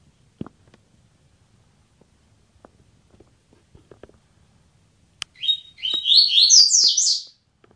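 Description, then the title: Double-collared seedeater song: after scattered soft clicks, a bright phrase of about two seconds of quick, high notes that rise in pitch. "Canto Coleiro"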